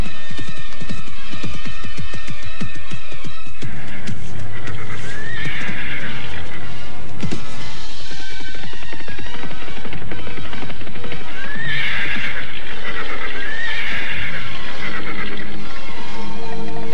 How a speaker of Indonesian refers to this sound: Belum beberapa jauh rombongan itu berderap meninggalkan Paku Jajar, Prabu Sana menghentikan kudanya.